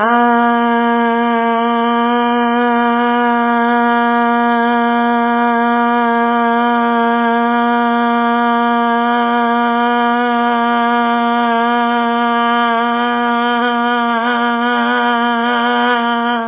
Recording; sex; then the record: sustained vowel /a/; female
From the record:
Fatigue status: no fatigue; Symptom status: asymptomatic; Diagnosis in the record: COVID-19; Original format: 3gp